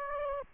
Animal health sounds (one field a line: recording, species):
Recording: mosquito wingbeat signal from an infrared sensor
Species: Aedes aegypti